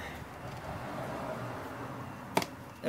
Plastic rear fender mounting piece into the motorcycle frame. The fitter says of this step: oh i got it okay good just kind of just popped into place